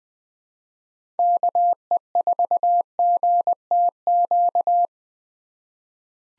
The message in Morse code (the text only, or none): KE4GTQ